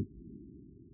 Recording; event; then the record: neck accelerometer signal played as sound; no cough (speech, laughter, throat clearing or background)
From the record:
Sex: male